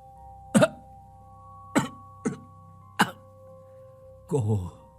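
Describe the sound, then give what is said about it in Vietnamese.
A woman stepping out of a house coughs: heavy, harsh coughs in separate bursts, five in all, with the last one drawn out and rasping over a low steady hum. “Bà Sâm trong nhà bước ra với một chàng ho sù sụ.”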